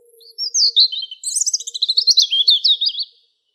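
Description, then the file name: European robin song: a thin, high, rapid warble of sliding whistles and trills lasting about two and a half seconds, with a faint low hum underneath. "Зарянка -Голос"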